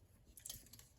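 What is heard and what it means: Nubs on the back of a plastic toy jet are pushed into the thruster openings of a larger toy ship, and they snap into place with sharp plastic clicks at 0.4 s and 0.5 s. A few fainter ticks follow, and the nubs are confirmed seated in the thrusters.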